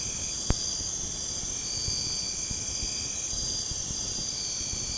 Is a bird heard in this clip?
no